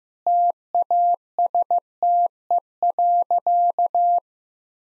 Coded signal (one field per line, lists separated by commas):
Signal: Morse code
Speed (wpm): 15 wpm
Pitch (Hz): 700 Hz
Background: none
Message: TASTE.